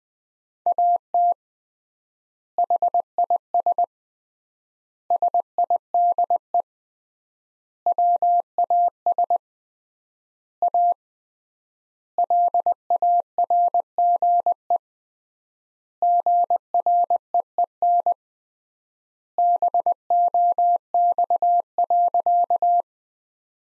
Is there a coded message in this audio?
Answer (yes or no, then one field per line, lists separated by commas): yes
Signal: Morse code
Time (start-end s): 0.7-22.8 s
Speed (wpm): 21 wpm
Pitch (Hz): 700 Hz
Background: none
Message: AT HIS SIDE WAS A LARGE GREEN BOX.